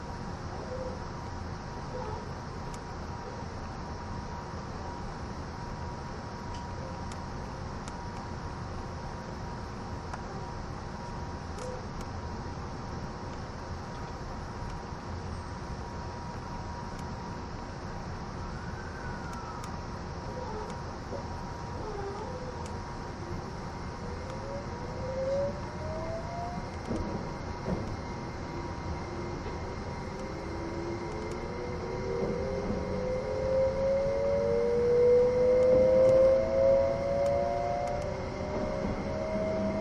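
The E261 series Saphir Odoriko No. 1 train is recorded as a steady low rumble with faint constant hums. From about 25 seconds, rising whining tones appear. The sound grows louder after 32 seconds as the train's motor whine climbs in pitch through the end.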